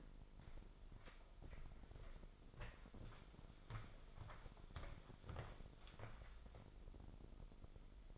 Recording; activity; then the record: daily activity, microphone in the room; walk to room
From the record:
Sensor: 5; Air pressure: 995.6 hPa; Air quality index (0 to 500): 103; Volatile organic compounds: 7 ppm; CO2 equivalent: 1992 ppm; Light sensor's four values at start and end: 38/93/38/39 and 37/88/36/37